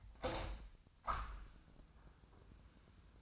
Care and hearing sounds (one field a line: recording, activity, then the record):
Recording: daily activity, microphone in the room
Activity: open window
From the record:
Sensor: 2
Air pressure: 1004.5 hPa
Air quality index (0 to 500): 110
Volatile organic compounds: 3 ppm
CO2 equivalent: 1332 ppm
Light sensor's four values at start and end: 6/14/5/5 and 6/14/5/6